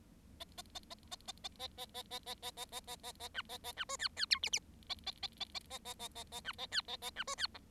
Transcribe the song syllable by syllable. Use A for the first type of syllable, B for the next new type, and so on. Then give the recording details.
A A A A A A A A A A A A A A A A A A B A A B C D D E F F A A A A A A A A A A B A D A A B C D G. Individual Bird7